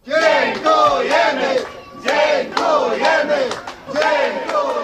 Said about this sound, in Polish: A tak tłum fanów powitał polskie siatkarki na lotnisku w podkrakowskich Balicach.